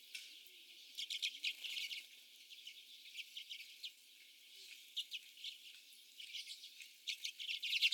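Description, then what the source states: Common redpolls giving loose, irregular chittering chips, some in quick clusters, others single, over low background hiss. Several birds.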